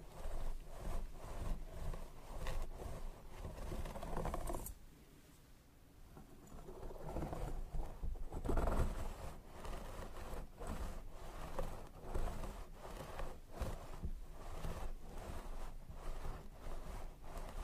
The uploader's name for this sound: Scalp Massage & Hair Brushing